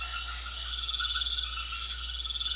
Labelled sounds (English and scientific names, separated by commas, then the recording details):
none
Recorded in secondary vegetation near Puerto Asís, Putumayo, Colombia, on 4 March 2025 at 22:00
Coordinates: 0.500, -76.326
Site GP04